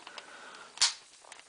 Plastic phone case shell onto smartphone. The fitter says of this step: you'll hear a snap actually at every corner.